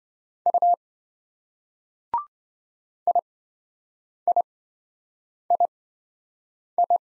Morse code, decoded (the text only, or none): U IIII